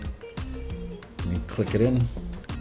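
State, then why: Not seated. A wrapped shifter boot trim surround is handled and pressed toward the center console of a WRX, giving brief soft knocks and taps over background music while someone talks. Nothing has seated or clicked yet; the clip ends just before the piece goes home.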